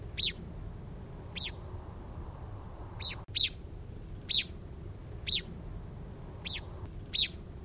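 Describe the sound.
Bird calls, short high sharp notes repeated about once a second, some in close pairs, over low rumbling background noise.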